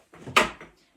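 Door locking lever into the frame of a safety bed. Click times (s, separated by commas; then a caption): 0.4 s. The folded-out door panel of a safety profiling bed is locked into the frame by pulling the bottom red lever on the outer panel and pushing it in. Soft handling noise starts at 0.1 s, a loud sharp locking click comes at 0.4 s, and a fainter knock follows at 0.6 s. The door lock clicks home and seats.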